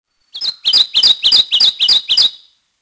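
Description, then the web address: Kentucky warbler song: eight rich, rolling two-part phrases repeated rapidly over about two seconds; nothing else audible. "Peterson North American Birds. kewa"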